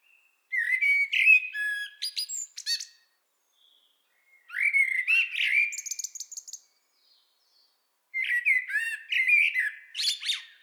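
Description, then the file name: Common blackbird delivering three fluty warbled phrases about four seconds apart, each closing with squeaky, buzzy high notes. "Turdus merula"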